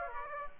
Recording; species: mosquito wingbeat signal from an infrared sensor; Aedes aegypti